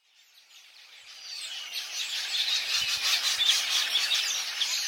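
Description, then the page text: Red-billed quelea chorus: a thick mass of high twittering calls swelling from quiet to loud over a couple of seconds, then holding loud. Red-billed quelea in Africa; described as the world's most abundant wild bird, with an estimated population of 1.5 billion. "red-billed quelea, which live in Africa"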